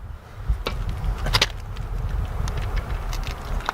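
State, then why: Not seated. A click-type torque wrench is pulled down through one full stroke on a car wheel lug nut, producing soft ratcheting ticks and a few brief metallic knocks over low background rumble. The wrench has not clicked yet, so the set torque has not been reached.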